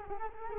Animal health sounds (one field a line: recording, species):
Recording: mosquito wingbeat signal from an infrared sensor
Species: Culex quinquefasciatus